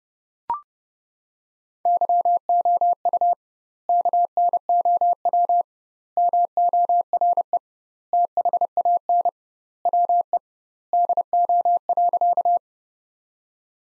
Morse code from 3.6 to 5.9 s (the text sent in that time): KNOW